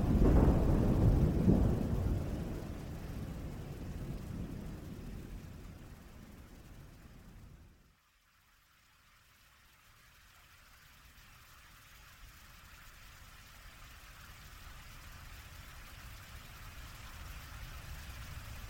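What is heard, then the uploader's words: Heavy rain with a loud, low rumble of thunder at the start that fades to a near hush around eight seconds before the downpour builds again. Severe Thunderstorm and Heavy Rain Sounds. Intense thunder.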